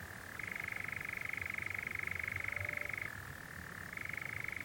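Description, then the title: European Nightjar churring, a steady mechanical trill that drops slightly in pitch near the end before resuming higher, continuous throughout. Nocturnal bird churring on a warm June summer evening on a hill in the Brecon Beacons, among honeysuckle and foxgloves. "Sound Escape. the mesmerising churring of a nightjar on a summer's night"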